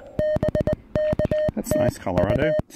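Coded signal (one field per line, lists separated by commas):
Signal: Morse code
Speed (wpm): 20 wpm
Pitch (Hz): 620 Hz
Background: speech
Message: BKT U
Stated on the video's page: CW summit (SOTA) activation using a Venus SW-3B radio.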